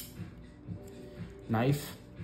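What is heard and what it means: A folding sailor's knife blade is handled and swung open toward its locking handle, with soft low thumps near 0.2, 0.7, 1.2 and 2.2 seconds while someone talks, loudest around 1.5 to 1.8 seconds. The blade has not locked open yet, and nothing has seated or clicked by the end of the clip.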